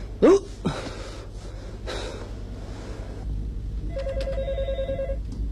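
A couple of sharp breathy gasps, then a telephone starts ringing with a rapid, trilling electronic warble that holds steadily for about a second over low background noise.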